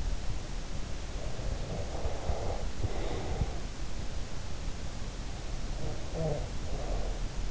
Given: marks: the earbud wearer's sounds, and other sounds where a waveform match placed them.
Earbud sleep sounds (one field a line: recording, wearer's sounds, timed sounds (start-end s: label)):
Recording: sounds in sleep by an in-ear microphone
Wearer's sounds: breath, snoring breath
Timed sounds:
0.95-3.88 s: breath
5.08-7.51 s: snoring breath